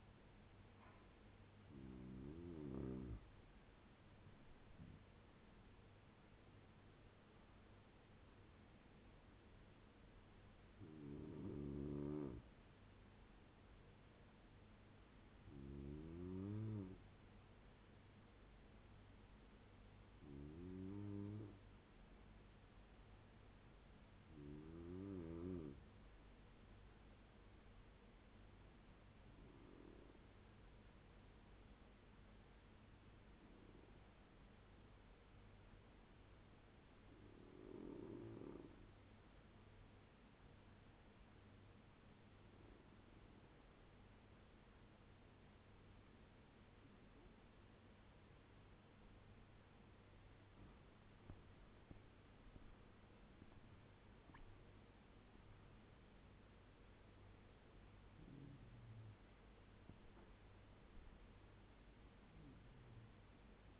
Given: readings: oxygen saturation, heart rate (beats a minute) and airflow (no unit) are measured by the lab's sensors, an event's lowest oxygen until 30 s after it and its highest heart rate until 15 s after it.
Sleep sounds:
breathing in sleep by a voice recorder at the bedside; 1
18.00-63.80 s: new sleep stage, N1 (lightest sleep)
29.00-51.20 s: hypopnea (N1, oxygen 96% highest, then 88% lowest, heart rate 77 at the start, 91 highest)
From the record:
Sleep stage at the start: N2 (light sleep); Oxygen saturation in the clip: 88 to 96%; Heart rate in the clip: 67 to 91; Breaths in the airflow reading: 12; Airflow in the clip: -13.0 to 13.5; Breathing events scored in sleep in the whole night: 201 in 6.5 hours asleep

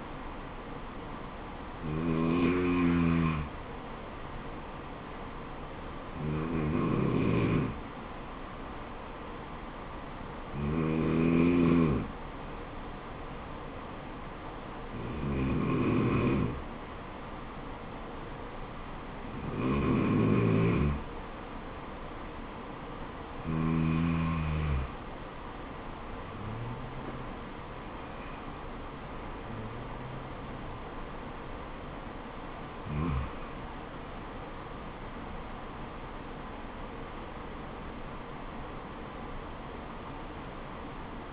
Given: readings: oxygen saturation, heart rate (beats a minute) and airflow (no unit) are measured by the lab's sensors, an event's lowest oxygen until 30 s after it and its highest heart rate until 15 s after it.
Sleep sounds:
breathing in sleep by a voice recorder at the bedside; 1
10.00-36.50 s: hypopnea (N2, oxygen 93% highest, then 93% lowest, heart rate 75 at the start, 77 highest)
34.00-41.33 s: new sleep stage, N1 (lightest sleep)
From the record:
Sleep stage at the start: N2 (light sleep); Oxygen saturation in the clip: 93 to 94%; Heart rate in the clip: 67 to 77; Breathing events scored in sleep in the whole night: 426 in 7.4 hours asleep

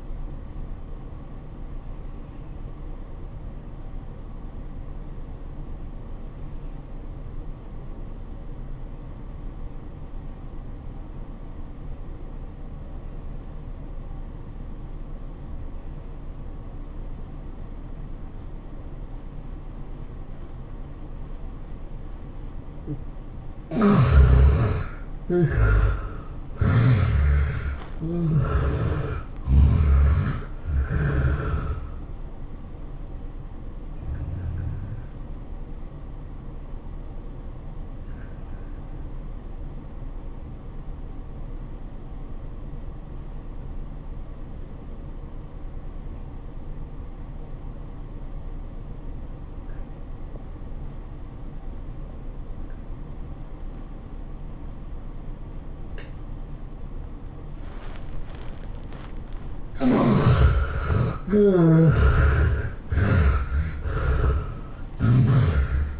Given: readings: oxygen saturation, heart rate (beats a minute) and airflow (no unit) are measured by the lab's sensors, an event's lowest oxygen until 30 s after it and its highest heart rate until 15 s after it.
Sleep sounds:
breathing in sleep by a smartphone at the bedside; 2
4.00-20.20 s: obstructive apnea (N2, oxygen 94% highest, then 73% lowest, heart rate 88 at the start, 108 highest)
46.00-62.00 s: obstructive apnea (N2, oxygen 94% highest, then 70% lowest, heart rate 90 at the start, 110 highest)
62.00-66.00 s: new sleep stage, N1 (lightest sleep)
From the record:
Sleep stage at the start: N2 (light sleep); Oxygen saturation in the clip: 72 to 94%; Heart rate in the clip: 81 to 108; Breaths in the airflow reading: 9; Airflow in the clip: -15.4 to 15.6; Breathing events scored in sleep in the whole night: 403 in 5.5 hours asleep

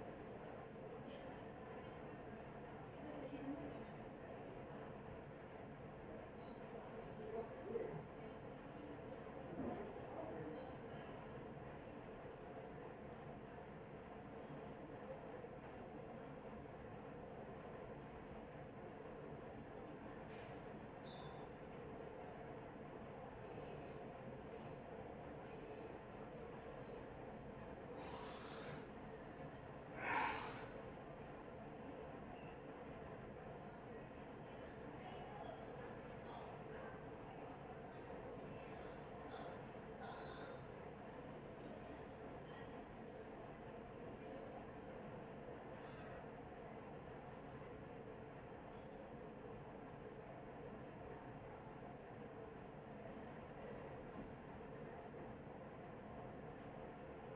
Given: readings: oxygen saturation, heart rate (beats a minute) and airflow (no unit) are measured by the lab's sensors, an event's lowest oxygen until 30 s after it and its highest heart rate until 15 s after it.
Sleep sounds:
a person awake in a sleep study, by a smartphone at the bedside; none
0.00-57.36 s: awake
0.00-57.36 s: awake
From the record:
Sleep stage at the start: awake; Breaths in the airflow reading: 20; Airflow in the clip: -0.7 to 0.6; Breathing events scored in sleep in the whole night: 263 in 5.5 hours asleep

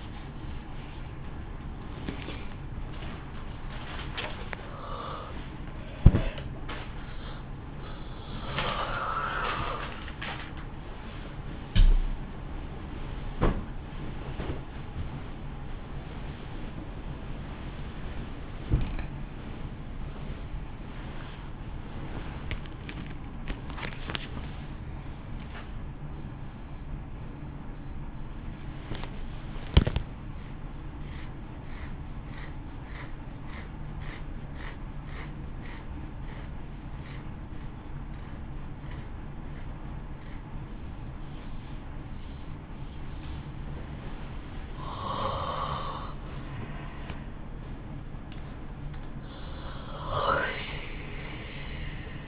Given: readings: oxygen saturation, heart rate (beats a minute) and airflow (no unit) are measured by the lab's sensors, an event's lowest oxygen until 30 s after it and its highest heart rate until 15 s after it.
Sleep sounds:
a person awake in a sleep study, by a smartphone at the bedside; none
0.00-52.28 s: awake
0.00-52.28 s: awake
From the record:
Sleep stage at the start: awake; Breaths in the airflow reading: 16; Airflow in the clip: -0.7 to 0.7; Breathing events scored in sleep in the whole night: 328 in 6.3 hours asleep

